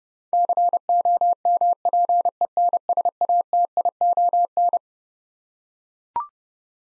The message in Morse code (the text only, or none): COMPENSATION